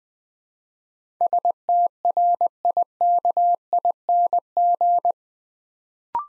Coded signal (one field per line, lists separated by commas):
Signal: Morse code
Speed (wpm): 21 wpm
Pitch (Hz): 700 Hz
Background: none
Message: STRIKING